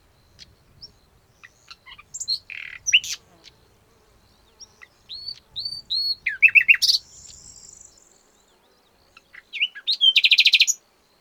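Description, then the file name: Common nightingale song: slurred whistles repeated several times, buzzy notes, and a closing loud rapid rattling trill. "Luscinia megarhynchos"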